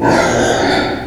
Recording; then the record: squeal of a Yucatan mini pig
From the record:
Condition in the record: before surgery on the right vocal fold (resection and tissue-engineered implant); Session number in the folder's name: 1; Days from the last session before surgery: -21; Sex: female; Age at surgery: 19 weeks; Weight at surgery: 25 kg